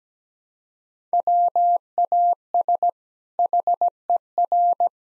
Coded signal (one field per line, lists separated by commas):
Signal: Morse code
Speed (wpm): 17 wpm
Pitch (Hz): 700 Hz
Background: none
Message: WAS HER